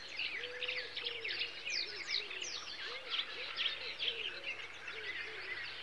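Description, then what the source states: Birds singing in a thick chorus of high trills and chirps, while lower soft arched notes repeat often beneath the bright song. Summer recording of birds.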